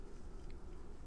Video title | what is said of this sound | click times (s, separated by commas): SEIKO PADI TURTLE SRPA21 “modification’s” | some blush all around no i'm not hearing the click so i'm going to have to use my press for it | none